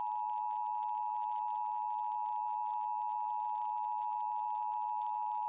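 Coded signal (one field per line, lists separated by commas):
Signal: Emergency Alert System (SAME) tones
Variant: 853 and 960 Hz attention tone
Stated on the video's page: Ohio Required Monthly Test, civil authorities, relayed on two FM stations and two TV stations.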